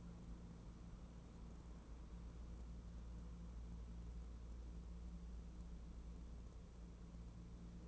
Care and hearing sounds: daily activity, microphone in the room; wipe stove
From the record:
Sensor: 1

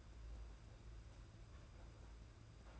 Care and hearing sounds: daily activity, microphone in the room; place on stove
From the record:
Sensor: 2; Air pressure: 991.8 hPa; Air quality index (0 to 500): 232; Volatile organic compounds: 1000 ppm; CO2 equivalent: 7804 ppm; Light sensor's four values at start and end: 18/58/22/21 and 18/58/22/21

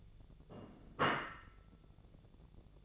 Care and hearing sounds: daily activity, microphone in the room; place plate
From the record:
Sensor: 4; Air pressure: 1001.0 hPa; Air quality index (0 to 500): 143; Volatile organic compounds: 2 ppm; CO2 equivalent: 1058 ppm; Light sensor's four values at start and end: 26/62/26/27 and 26/62/26/27

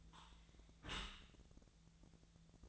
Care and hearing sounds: daily activity, microphone in the room; close dishwasher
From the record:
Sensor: 3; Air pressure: 1000.5 hPa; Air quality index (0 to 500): 176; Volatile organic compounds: 3 ppm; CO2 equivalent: 1521 ppm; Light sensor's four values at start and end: 14/37/14/16 and 14/37/14/16

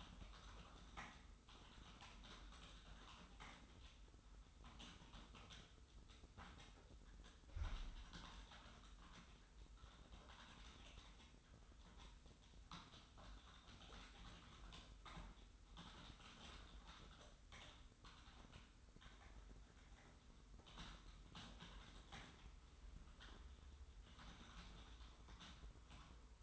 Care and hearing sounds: daily activity, microphone in the room; typing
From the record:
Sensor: 3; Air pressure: 990.9 hPa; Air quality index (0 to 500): 139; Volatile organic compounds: 261 ppm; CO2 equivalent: 4388 ppm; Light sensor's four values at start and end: 37/88/35/34 and 37/89/36/35

